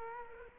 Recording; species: mosquito wingbeat signal from an infrared sensor; Culex quinquefasciatus